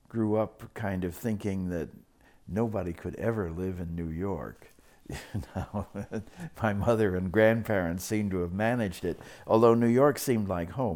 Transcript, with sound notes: grew up kind of thinking that nobody could ever live in New York. [Laughs] You know -- my mother and grandparents seemed to have managed it, although, New York seemed like home.